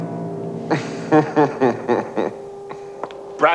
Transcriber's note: laughter